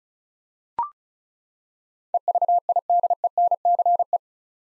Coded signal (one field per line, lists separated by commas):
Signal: Morse code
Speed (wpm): 36 wpm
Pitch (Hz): 700 Hz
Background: none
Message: EVIDENCE